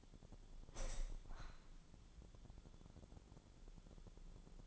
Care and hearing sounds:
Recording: daily activity, microphone in the room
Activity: open window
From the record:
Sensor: 5

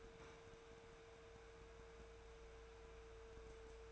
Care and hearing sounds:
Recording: daily activity, microphone in the room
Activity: open fridge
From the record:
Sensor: 2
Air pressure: 1014.8 hPa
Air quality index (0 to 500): 195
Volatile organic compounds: 17 ppm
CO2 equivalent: 2579 ppm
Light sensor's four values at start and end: 9/22/9/9 and 9/22/9/9

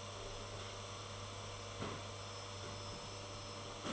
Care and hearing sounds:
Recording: daily activity, microphone in the room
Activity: vacuum cleaning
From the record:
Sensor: 4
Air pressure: 1008.5 hPa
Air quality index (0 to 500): 62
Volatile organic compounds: 1 ppm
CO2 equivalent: 598 ppm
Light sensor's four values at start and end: 14/32/13/13 and 14/32/13/12

